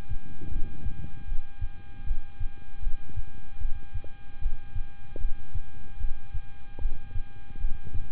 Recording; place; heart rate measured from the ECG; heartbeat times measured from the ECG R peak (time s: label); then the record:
heart sounds by stethoscope; between the tricuspid and mitral areas; 76 bpm
0.49 s: heartbeat
1.25 s: heartbeat
2.04 s: heartbeat
2.80 s: heartbeat
3.58 s: heartbeat
4.39 s: heartbeat
5.18 s: heartbeat
5.97 s: heartbeat
6.78 s: heartbeat
7.58 s: heartbeat
From the record:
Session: rest, lying down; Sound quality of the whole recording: good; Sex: male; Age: 26 years